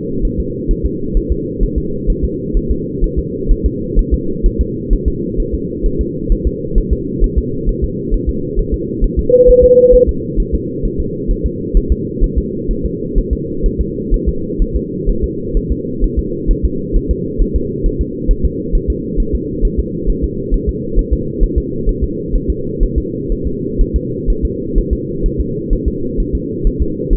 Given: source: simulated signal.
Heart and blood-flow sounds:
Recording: fetal heart sounds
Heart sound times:
0.25 s: S1
0.40 s: S2
0.71 s: S1
0.86 s: S2
1.17 s: S1
1.32 s: S2
1.63 s: S1
1.78 s: S2
2.10 s: S1
2.24 s: S2
2.57 s: S1
2.71 s: S2
3.04 s: S1
3.19 s: S2
3.51 s: S1
3.66 s: S2
3.99 s: S1
4.14 s: S2
4.46 s: S1
4.61 s: S2
4.93 s: S1
5.08 s: S2
5.40 s: S1
5.54 s: S2
5.86 s: S1
6.01 s: S2
6.32 s: S1
6.47 s: S2
6.78 s: S1
6.93 s: S2
7.24 s: S1
7.38 s: S2
7.69 s: S1
7.84 s: S2
8.14 s: S1
8.29 s: S2
8.59 s: S1
8.74 s: S2
9.04 s: S1
9.19 s: S2
9.49 s: S1
9.64 s: S2
9.95 s: S1
10.09 s: S2
10.40 s: S1
10.54 s: S2
10.85 s: S1
11.00 s: S2
11.31 s: S1
11.46 s: S2
11.77 s: S1
11.92 s: S2
12.24 s: S1
12.38 s: S2
12.71 s: S1
12.85 s: S2
13.18 s: S1
13.33 s: S2
13.66 s: S1
13.81 s: S2
14.14 s: S1
14.28 s: S2
14.62 s: S1
14.76 s: S2
15.09 s: S1
15.24 s: S2
15.57 s: S1
15.72 s: S2
16.04 s: S1
16.19 s: S2
16.51 s: S1
16.65 s: S2
16.96 s: S1
17.11 s: S2
17.42 s: S1
17.56 s: S2
17.86 s: S1
18.01 s: S2
18.31 s: S1
18.45 s: S2
18.75 s: S1
18.90 s: S2
19.20 s: S1
19.35 s: S2
19.65 s: S1
19.79 s: S2
20.10 s: S1
20.24 s: S2
20.54 s: S1
20.69 s: S2
20.99 s: S1
21.13 s: S2
21.43 s: S1
21.58 s: S2
21.89 s: S1
22.03 s: S2
22.35 s: S1
22.50 s: S2
22.83 s: S1
22.98 s: S2
23.32 s: S1
23.47 s: S2
23.81 s: S1
23.96 s: S2
24.30 s: S1
24.45 s: S2
24.78 s: S1
24.93 s: S2
25.26 s: S1
25.41 s: S2
25.73 s: S1
25.88 s: S2
26.20 s: S1
26.35 s: S2
26.67 s: S1
26.82 s: S2
27.13 s: S1
From the record:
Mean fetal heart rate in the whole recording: 130 bpm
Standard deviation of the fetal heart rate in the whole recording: 4 bpm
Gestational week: 38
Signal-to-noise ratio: -6.6 dB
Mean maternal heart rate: 72 bpm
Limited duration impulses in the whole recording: present

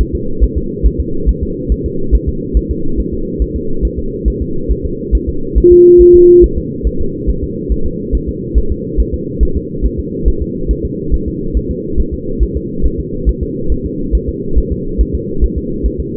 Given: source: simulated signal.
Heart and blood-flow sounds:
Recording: fetal heart sounds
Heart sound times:
0.01 s: S1
0.15 s: S2
0.43 s: S1
0.57 s: S2
0.86 s: S1
1.00 s: S2
1.29 s: S1
1.43 s: S2
1.72 s: S1
1.86 s: S2
2.15 s: S1
2.29 s: S2
2.57 s: S1
2.71 s: S2
3.00 s: S1
3.14 s: S2
3.42 s: S1
3.56 s: S2
3.85 s: S1
3.99 s: S2
4.28 s: S1
4.42 s: S2
4.71 s: S1
4.85 s: S2
5.15 s: S1
5.29 s: S2
5.58 s: S1
5.72 s: S2
6.01 s: S1
6.15 s: S2
6.44 s: S1
6.58 s: S2
6.87 s: S1
7.01 s: S2
7.29 s: S1
7.43 s: S2
7.72 s: S1
7.86 s: S2
8.15 s: S1
8.29 s: S2
8.58 s: S1
8.72 s: S2
9.00 s: S1
9.14 s: S2
9.43 s: S1
9.57 s: S2
9.86 s: S1
9.99 s: S2
10.28 s: S1
10.42 s: S2
10.71 s: S1
10.85 s: S2
11.14 s: S1
11.28 s: S2
11.57 s: S1
11.71 s: S2
12.00 s: S1
12.14 s: S2
12.43 s: S1
12.57 s: S2
12.86 s: S1
13.00 s: S2
13.29 s: S1
13.43 s: S2
13.72 s: S1
13.86 s: S2
14.15 s: S1
14.29 s: S2
14.58 s: S1
14.72 s: S2
15.01 s: S1
15.15 s: S2
15.44 s: S1
15.58 s: S2
15.86 s: S1
16.00 s: S2
From the record:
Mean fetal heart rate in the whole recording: 140 bpm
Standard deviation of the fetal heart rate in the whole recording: 2 bpm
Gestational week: 34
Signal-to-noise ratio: -8.1 dB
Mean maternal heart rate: 72 bpm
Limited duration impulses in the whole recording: present

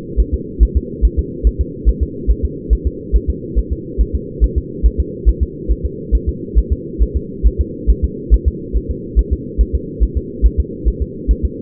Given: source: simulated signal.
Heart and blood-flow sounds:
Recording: fetal heart sounds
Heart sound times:
0.20 s: S1
0.34 s: S2
0.63 s: S1
0.77 s: S2
1.05 s: S1
1.19 s: S2
1.47 s: S1
1.61 s: S2
1.89 s: S1
2.03 s: S2
2.31 s: S1
2.45 s: S2
2.73 s: S1
2.87 s: S2
3.16 s: S1
3.30 s: S2
3.59 s: S1
3.72 s: S2
4.01 s: S1
4.15 s: S2
4.44 s: S1
4.58 s: S2
4.86 s: S1
5.00 s: S2
5.29 s: S1
5.43 s: S2
5.72 s: S1
5.85 s: S2
6.15 s: S1
6.29 s: S2
6.58 s: S1
6.72 s: S2
7.03 s: S1
7.16 s: S2
7.47 s: S1
7.61 s: S2
7.90 s: S1
8.04 s: S2
8.34 s: S1
8.48 s: S2
8.77 s: S1
8.91 s: S2
9.19 s: S1
9.33 s: S2
9.61 s: S1
9.75 s: S2
10.03 s: S1
10.17 s: S2
10.46 s: S1
10.60 s: S2
10.88 s: S1
11.02 s: S2
11.31 s: S1
11.45 s: S2
From the record:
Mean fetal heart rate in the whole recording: 140 bpm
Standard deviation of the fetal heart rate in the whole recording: 2 bpm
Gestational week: 34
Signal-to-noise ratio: -4.1 dB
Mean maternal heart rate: no maternal heart sound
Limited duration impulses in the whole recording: absent

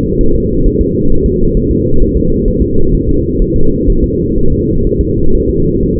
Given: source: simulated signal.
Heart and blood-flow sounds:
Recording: fetal heart sounds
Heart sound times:
0.21 s: S1
0.35 s: S2
0.66 s: S1
0.81 s: S2
1.12 s: S1
1.26 s: S2
1.57 s: S1
1.71 s: S2
2.02 s: S1
2.17 s: S2
2.48 s: S1
2.62 s: S2
2.94 s: S1
3.09 s: S2
3.42 s: S1
3.56 s: S2
3.90 s: S1
4.04 s: S2
4.38 s: S1
4.52 s: S2
4.87 s: S1
5.01 s: S2
5.35 s: S1
5.49 s: S2
5.83 s: S1
5.97 s: S2
From the record:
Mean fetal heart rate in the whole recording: 130 bpm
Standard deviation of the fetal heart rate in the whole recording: 4 bpm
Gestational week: 38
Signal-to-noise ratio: -19.1 dB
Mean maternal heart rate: 72 bpm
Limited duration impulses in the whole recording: present

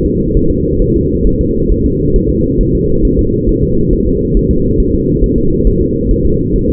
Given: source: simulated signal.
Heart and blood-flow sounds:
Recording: fetal heart sounds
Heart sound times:
0.06 s: S2
0.37 s: S1
0.51 s: S2
0.82 s: S1
0.96 s: S2
1.27 s: S1
1.41 s: S2
1.72 s: S1
1.86 s: S2
2.16 s: S1
2.30 s: S2
2.61 s: S1
2.75 s: S2
3.05 s: S1
3.19 s: S2
3.49 s: S1
3.63 s: S2
3.93 s: S1
4.07 s: S2
4.37 s: S1
4.51 s: S2
4.80 s: S1
4.94 s: S2
5.24 s: S1
5.38 s: S2
5.67 s: S1
5.81 s: S2
6.11 s: S1
6.25 s: S2
6.56 s: S1
6.70 s: S2
From the record:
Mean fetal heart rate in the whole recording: 135 bpm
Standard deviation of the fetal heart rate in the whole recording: 3 bpm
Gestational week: 36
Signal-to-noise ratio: -15.3 dB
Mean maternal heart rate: 72 bpm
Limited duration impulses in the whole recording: present

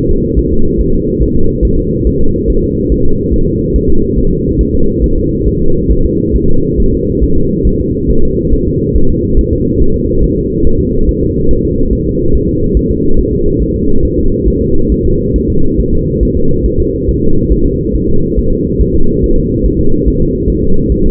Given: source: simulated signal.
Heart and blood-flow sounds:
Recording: fetal heart sounds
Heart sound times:
0.11 s: S2
0.39 s: S1
0.53 s: S2
0.81 s: S1
0.94 s: S2
1.22 s: S1
1.36 s: S2
1.65 s: S1
1.79 s: S2
2.07 s: S1
2.21 s: S2
2.50 s: S1
2.64 s: S2
2.92 s: S1
3.06 s: S2
3.34 s: S1
3.48 s: S2
3.76 s: S1
3.90 s: S2
4.19 s: S1
4.32 s: S2
4.61 s: S1
4.75 s: S2
5.04 s: S1
5.18 s: S2
5.48 s: S1
5.62 s: S2
5.92 s: S1
6.06 s: S2
6.36 s: S1
6.50 s: S2
6.80 s: S1
6.94 s: S2
7.24 s: S1
7.38 s: S2
7.67 s: S1
7.81 s: S2
8.10 s: S1
8.25 s: S2
8.54 s: S1
8.68 s: S2
8.96 s: S1
9.10 s: S2
9.39 s: S1
9.53 s: S2
9.82 s: S1
9.96 s: S2
10.24 s: S1
10.38 s: S2
10.67 s: S1
10.81 s: S2
11.09 s: S1
11.23 s: S2
11.51 s: S1
11.65 s: S2
11.93 s: S1
12.07 s: S2
12.35 s: S1
12.49 s: S2
12.77 s: S1
12.91 s: S2
13.19 s: S1
13.33 s: S2
13.62 s: S1
13.76 s: S2
14.05 s: S1
14.19 s: S2
14.48 s: S1
14.62 s: S2
14.92 s: S1
15.06 s: S2
15.36 s: S1
15.50 s: S2
15.80 s: S1
15.94 s: S2
16.23 s: S1
16.37 s: S2
16.66 s: S1
16.80 s: S2
17.09 s: S1
17.23 s: S2
17.52 s: S1
17.66 s: S2
17.96 s: S1
18.09 s: S2
18.39 s: S1
18.53 s: S2
18.82 s: S1
18.95 s: S2
19.24 s: S1
19.38 s: S2
19.66 s: S1
19.80 s: S2
20.08 s: S1
20.22 s: S2
20.50 s: S1
20.64 s: S2
20.92 s: S1
21.06 s: S2
From the record:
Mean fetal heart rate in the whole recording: 140 bpm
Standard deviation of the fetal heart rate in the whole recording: 2 bpm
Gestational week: 34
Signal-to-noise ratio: -19.1 dB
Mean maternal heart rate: 72 bpm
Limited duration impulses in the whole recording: present

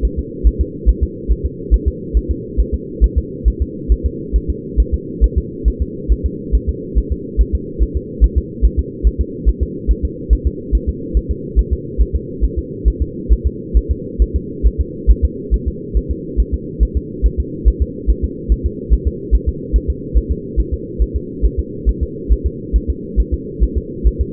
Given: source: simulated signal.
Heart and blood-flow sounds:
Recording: fetal heart sounds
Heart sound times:
0.05 s: S1
0.19 s: S2
0.47 s: S1
0.61 s: S2
0.89 s: S1
1.03 s: S2
1.31 s: S1
1.46 s: S2
1.74 s: S1
1.88 s: S2
2.17 s: S1
2.31 s: S2
2.60 s: S1
2.74 s: S2
3.04 s: S1
3.18 s: S2
3.48 s: S1
3.62 s: S2
3.92 s: S1
4.06 s: S2
4.36 s: S1
4.50 s: S2
4.80 s: S1
4.94 s: S2
5.24 s: S1
5.38 s: S2
5.68 s: S1
5.82 s: S2
6.12 s: S1
6.26 s: S2
6.55 s: S1
6.69 s: S2
6.98 s: S1
7.12 s: S2
7.41 s: S1
7.55 s: S2
7.83 s: S1
7.97 s: S2
8.24 s: S1
8.38 s: S2
8.65 s: S1
8.79 s: S2
9.07 s: S1
9.21 s: S2
9.49 s: S1
9.63 s: S2
9.91 s: S1
10.05 s: S2
10.33 s: S1
10.47 s: S2
10.75 s: S1
10.89 s: S2
11.17 s: S1
11.31 s: S2
11.59 s: S1
11.73 s: S2
12.01 s: S1
12.16 s: S2
12.44 s: S1
12.59 s: S2
12.88 s: S1
13.02 s: S2
13.32 s: S1
13.47 s: S2
13.77 s: S1
13.91 s: S2
14.22 s: S1
14.36 s: S2
14.67 s: S1
14.81 s: S2
15.11 s: S1
15.25 s: S2
15.54 s: S1
15.68 s: S2
15.97 s: S1
16.11 s: S2
16.40 s: S1
16.54 s: S2
16.83 s: S1
16.97 s: S2
17.26 s: S1
17.40 s: S2
17.68 s: S1
17.82 s: S2
18.10 s: S1
18.24 s: S2
18.52 s: S1
18.66 s: S2
18.93 s: S1
19.07 s: S2
19.35 s: S1
19.49 s: S2
19.76 s: S1
19.90 s: S2
20.18 s: S1
20.31 s: S2
20.60 s: S1
20.74 s: S2
21.02 s: S1
21.16 s: S2
21.45 s: S1
21.59 s: S2
21.89 s: S1
22.03 s: S2
22.32 s: S1
22.47 s: S2
22.76 s: S1
22.90 s: S2
23.20 s: S1
23.34 s: S2
23.63 s: S1
23.78 s: S2
24.07 s: S1
24.21 s: S2
From the record:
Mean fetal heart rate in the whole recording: 140 bpm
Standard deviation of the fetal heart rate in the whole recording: 2 bpm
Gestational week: 34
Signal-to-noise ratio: -4.1 dB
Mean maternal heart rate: no maternal heart sound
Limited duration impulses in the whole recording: absent

